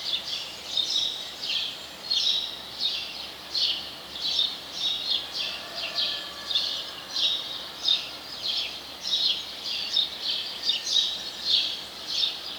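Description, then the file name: House sparrow giving repeated chirps, sometimes doubled, in a loose run of bright notes over steady low background hiss. "Passer domesticus"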